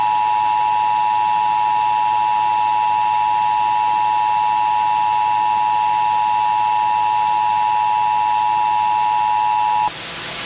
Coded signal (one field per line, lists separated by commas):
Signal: Emergency Alert System (SAME) tones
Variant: 853 and 960 Hz attention tone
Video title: EAS MOCK: TOR-E For Carrollton, KY